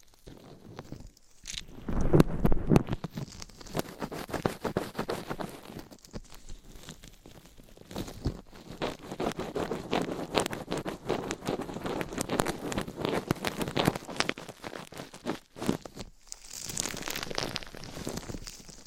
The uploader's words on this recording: ASMR Massage for Your Ears Mic Scratching - Brushing - Ear Attention Asmr No Talking for Sleep.